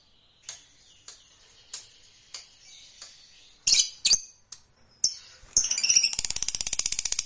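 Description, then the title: Lovebird with spaced high ticks and a few harsh squawks, then breaking into a rapid rattling trill of sharp chirps. Fighter-type lovebird; title names ngekek panjang (long ngekek). "Begitu Dengar Suara Lovebird FIGHTER NGEKEK PANJANG"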